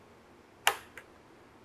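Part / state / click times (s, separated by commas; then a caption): plastic joint clip on a glass flask joint of a rotary evaporator / seated / 0.7 s. A plastic Keck clip is pushed onto the ground-glass joint between the sample flask and a rotary evaporator to hold the flask in place. A sharp snap is heard at 0.7 s, followed by a fainter click at 1.0 s. The clip seats on the joint.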